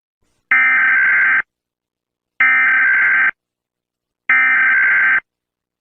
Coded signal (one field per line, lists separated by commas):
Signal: Emergency Alert System (SAME) tones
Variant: header bursts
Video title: Another EAS Amber Alert I Made